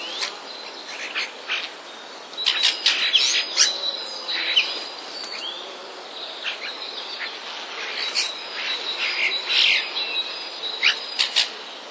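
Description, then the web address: Common starling song of dense chattering: clicks, chirps and thin whistles tumble together in uneven bursts. Starling song with borrowed sparrow sounds (mimicry of other species). "wroblowe zapozyczenia szpaki"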